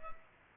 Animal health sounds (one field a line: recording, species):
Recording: mosquito wingbeat signal from an infrared sensor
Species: Culex pipiens